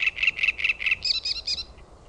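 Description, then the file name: Great reed warbler song: five grating croaks in quick succession, then three higher, squeakier harsh notes, ending in quiet. "RASTASKERTTUNEN"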